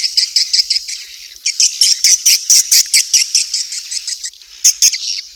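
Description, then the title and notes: Swiftlet chirping calls, dense high-pitched buzzy chirps in quick bursts over a steady high hiss. Swiftlet sound used in swiftlet farming in Asia. "Swiflet Bird Sound. Farming Swiflet Bird asia sound"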